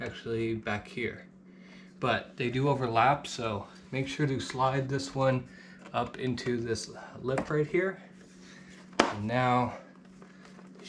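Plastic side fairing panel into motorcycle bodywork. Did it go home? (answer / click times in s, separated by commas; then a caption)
yes / 9.0 s. Someone talks while the overlapping plastic side fairing panel on a Yamaha R1 motorcycle is slid up into its lift in the bodywork and pushed into place. One sharp, loud snap is heard at 9.0 s, followed by a few faint ticks. The panel seats flush.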